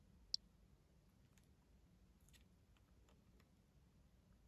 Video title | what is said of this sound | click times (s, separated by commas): ASUS ROG Strix G16 // Beast Mode Upgrade! // Samsung 990 PRO 2TB SSD + Corsair DDR5 64GB RAM | I press until you hear the click. | 0.3 s